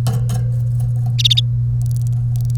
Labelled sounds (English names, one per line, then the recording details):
Domestic Canary song
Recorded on 1 May 2018 at 10:21
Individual llb3